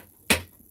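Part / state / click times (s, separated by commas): keg connector onto beer keg of a home draught beer dispenser / seated / 0.3 s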